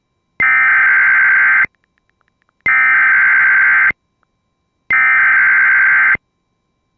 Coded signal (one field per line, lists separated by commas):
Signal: Emergency Alert System (SAME) tones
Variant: header bursts